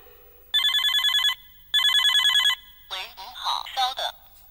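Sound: nokia mobile phone ringtone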